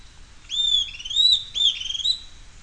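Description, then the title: Bird song: three bright whistled phrases that swoop up and level off, over a steady faint hum. "LuckyPassaro Completos2Sama"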